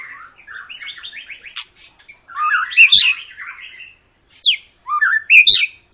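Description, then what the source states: White-rumped shama song of warbled, buzzy phrases and sharp whistled slurs, broken by a short silence. Long lure song (pancingan) of an energetically singing (gacor) shama, used to prompt other birds to sing.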